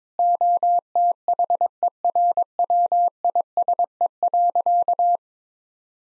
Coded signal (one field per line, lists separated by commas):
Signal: Morse code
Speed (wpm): 22 wpm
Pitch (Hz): 700 Hz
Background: none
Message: OTHERWISE.